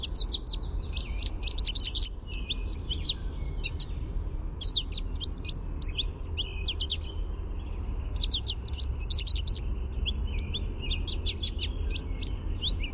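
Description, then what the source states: American goldfinch twittering contact song: long runs of rapid high chips and slurred notes coming in bursts throughout, over a low steady hum. Contact song, a "sweeet" note.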